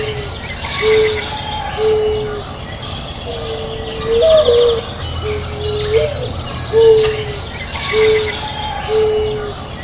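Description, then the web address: Dove cooing: short, level, hollow notes repeated about once a second, one or two slightly rising, over steady hiss with faint higher bird chirps behind. "soundboard dove"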